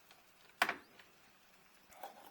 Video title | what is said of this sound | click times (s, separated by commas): Ford F-250 Headlight Bulb Upgrade / Replacement in about 30 Minutes (2015-2020) | then twist and lock into place | 0.6 s